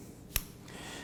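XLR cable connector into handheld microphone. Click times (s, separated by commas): 0.4 s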